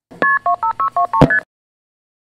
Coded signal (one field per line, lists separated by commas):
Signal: multi-frequency trunk signalling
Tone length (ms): 100 ms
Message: KP25623ST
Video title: How does MF signaling work? - Dial Equipment Appreciation, Part 3